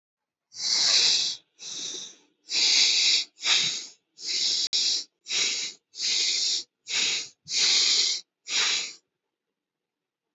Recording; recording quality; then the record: deep breathing; excellent, no background noise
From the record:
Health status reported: healthy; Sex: male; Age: 30 years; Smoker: yes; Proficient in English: yes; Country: India